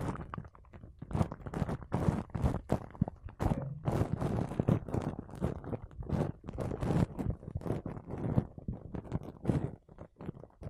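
Makeup brushes and a sponge rub and brush against a microphone in quick, uneven strokes. Soft scratchy swishes come in short bursts several times a second, with low thumping underneath, and a brief pause near the ten-second mark.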